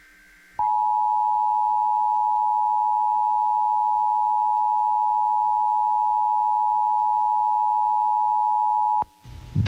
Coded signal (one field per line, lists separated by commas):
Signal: Emergency Alert System (SAME) tones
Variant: 853 and 960 Hz attention tone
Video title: 2016 Nationwide Emergency Alert System Test